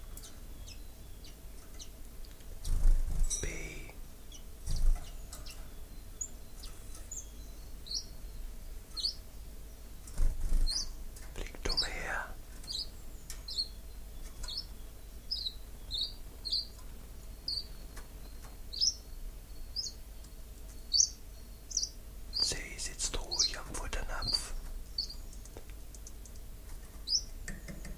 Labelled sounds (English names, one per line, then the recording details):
Common Chiffchaff
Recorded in captivity
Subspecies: collybita
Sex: pair
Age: adult
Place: Zoologisches Institut Universität Tübingen, Baden-Württemberg, DE
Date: 1963-04-01
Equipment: LGS26
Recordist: Schneider, Hans-Joachim